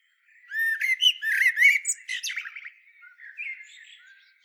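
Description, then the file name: Common blackbird song: a loud, squeaky twittering burst at the start, then subdued, scratchy warbles trailing off. "Turdus merula"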